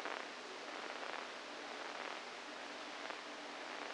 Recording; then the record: brain microelectrode recording played as sound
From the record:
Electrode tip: inside the subthalamic nucleus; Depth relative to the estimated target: -4 mm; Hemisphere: right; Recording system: NeuroSet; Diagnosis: Parkinson's disease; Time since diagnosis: 7 years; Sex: female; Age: 68 years